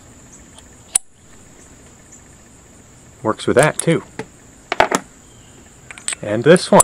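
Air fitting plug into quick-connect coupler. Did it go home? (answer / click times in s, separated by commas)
yes / 1.0 s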